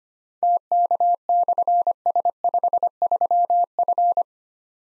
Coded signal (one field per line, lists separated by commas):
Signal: Morse code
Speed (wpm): 25 wpm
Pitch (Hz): 700 Hz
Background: none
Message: TK/S53F